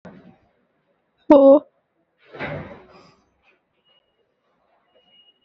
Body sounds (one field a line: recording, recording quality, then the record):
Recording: sustained vowel as in boot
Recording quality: moderate, slight background noise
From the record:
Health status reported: recovered from COVID-19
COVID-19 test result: negative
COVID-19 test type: RT-PCR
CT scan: not taken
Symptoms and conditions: cough, cold, sore throat, fever, fatigue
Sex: female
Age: 31 years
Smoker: no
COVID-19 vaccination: both doses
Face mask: worn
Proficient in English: yes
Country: India